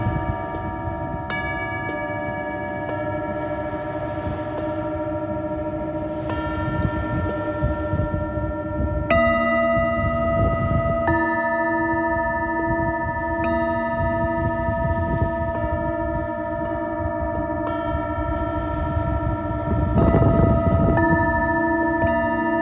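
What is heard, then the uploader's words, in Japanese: Singing bowls ring with long, sustained overlapping tones, fresh strikes every few seconds, over a steady low rumble that swells near twenty seconds. メキシコから シンギングボウルのサウンドヒーリング ライブ。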